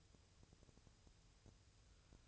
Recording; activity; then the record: daily activity, microphone in the room; take from stove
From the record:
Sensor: 2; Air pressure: 999.3 hPa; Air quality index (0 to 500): 195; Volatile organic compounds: 27 ppm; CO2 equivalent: 2881 ppm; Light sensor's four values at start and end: 6/15/6/6 and 6/15/6/6